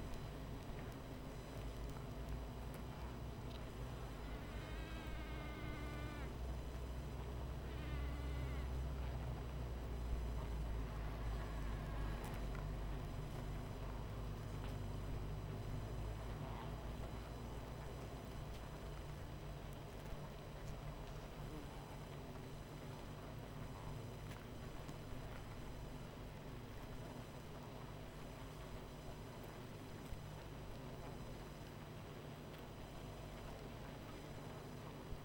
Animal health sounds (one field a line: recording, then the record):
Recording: honeybee colony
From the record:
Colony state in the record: missing queen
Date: 14 July 2017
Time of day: 21:44